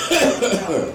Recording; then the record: coughing mixed with background sound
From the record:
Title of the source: Residual Phlegmy Morning Coughing and Gagging